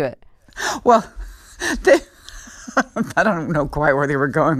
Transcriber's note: laughter